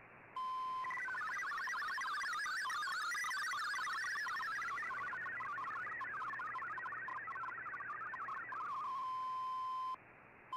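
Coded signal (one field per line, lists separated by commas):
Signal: multi-tone FSK (Olivia or MFSK type)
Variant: MFSK32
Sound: steady tone, then rapid hopping musical tones warbling between low and high pitches, steady tone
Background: radio static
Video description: Here is my decode of the Shortwave Radiogram broadcast today on 15770Khz shortwave radio at 1330UTC in MFSK32 and 64 with 11 SSTV images.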